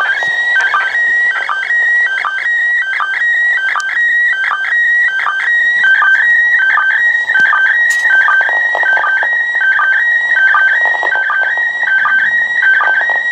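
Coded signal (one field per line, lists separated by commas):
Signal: SSTV (slow-scan television)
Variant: PD 180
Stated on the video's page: PD180 SSTV signal from the ISS, received at a home station on a Kenwood TM-V7 with a home-brew antenna.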